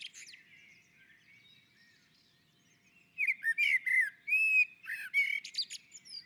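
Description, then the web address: Common blackbird song: the tail of one phrase, a silence, then a clear flutelike warble with sweeping whistles and squeaky high notes. On a roof. "sammel Naturinspelningar Koltrast på taket"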